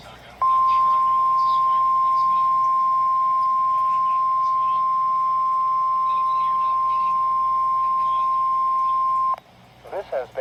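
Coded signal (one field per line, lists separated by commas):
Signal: Emergency Alert System (SAME) tones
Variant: 1050 Hz attention tone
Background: speech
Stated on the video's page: Evening Required Weekly Test from NOAA Weather Radio station KEC92.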